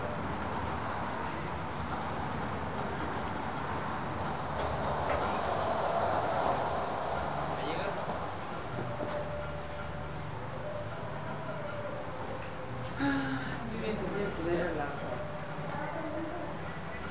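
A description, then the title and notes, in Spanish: Outside a hotel entrance, a steady street hum fills the air, with traffic rumbling low and a vehicle swelling past around six seconds. Voices murmur throughout, and a few brighter clinks and short tones break through near thirteen to fifteen seconds. Registro en la puerta del Gran Hotel Pucón Chile by Alejandro Cornejo Montibeller.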